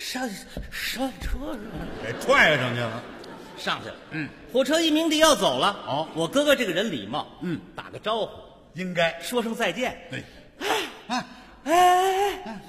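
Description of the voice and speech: Adult male crosstalk comedian speaking Mandarin, imitating his older brother's stutter as the brother tries to say goodbye at a train station: fluent narration breaks down into a run of repeated "ai, ai, ai" syllables.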